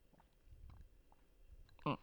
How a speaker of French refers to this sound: Excusez-moi, je vais prendre une petite gorgée d'eau.